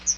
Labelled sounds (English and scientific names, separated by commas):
Chestnut-sided Warbler (Setophaga pensylvanica) flight call